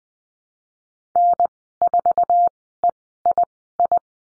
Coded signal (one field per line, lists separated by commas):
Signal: Morse code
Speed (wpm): 20 wpm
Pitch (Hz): 700 Hz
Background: none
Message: N4EII